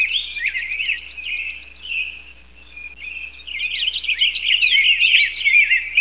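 Bird chatter: quick high twittering notes that fade to a thinner trill, then build again into dense, busy chirping.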